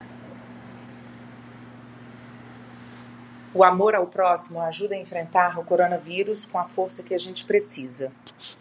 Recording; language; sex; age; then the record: spoken sentence; Brazilian Portuguese; female; 40 to 49 years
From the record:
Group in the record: control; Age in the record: 48 years